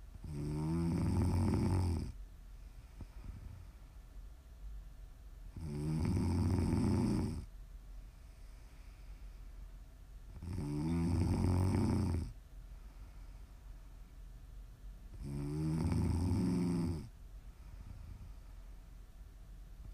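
Adult sleeper. Loud, regular snoring, about 12 snores per minute, low-pitched, with quiet breathing between snores.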